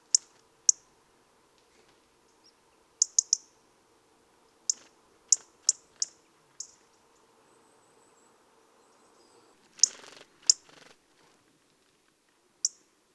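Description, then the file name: European robin giving sharp, high ticking calls in irregular bursts of one to three, over a faint low hum, with a brief rustling noise near the ten-second mark. "Erithacus rubecula"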